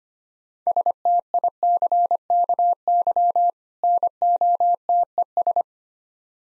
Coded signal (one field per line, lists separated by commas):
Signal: Morse code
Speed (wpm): 25 wpm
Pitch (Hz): 700 Hz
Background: none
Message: STICKY NOTES